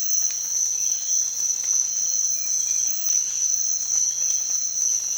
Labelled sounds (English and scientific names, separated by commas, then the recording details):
none
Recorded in dense forest near Puerto Asís, Putumayo, Colombia, on 25 June 2025 at 05:30
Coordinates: 0.468, -76.322
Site GP03